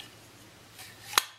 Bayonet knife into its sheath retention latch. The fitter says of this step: was really innovative for the time clicks into place